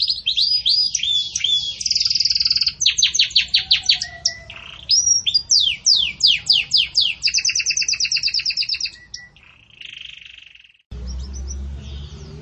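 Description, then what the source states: Belgian canary song of rapid high trills and swooping whistled phrases, fading out near the end, followed by a short burst of low rumbling noise. Pure "campainha" song style delivered with pauses, for training.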